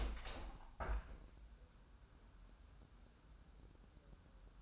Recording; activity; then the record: daily activity, microphone in the room; open window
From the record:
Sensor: 2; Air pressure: 1000.2 hPa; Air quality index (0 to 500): 244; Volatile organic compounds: 87 ppm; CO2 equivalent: 3664 ppm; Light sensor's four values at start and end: 8/20/8/8 and 9/21/8/9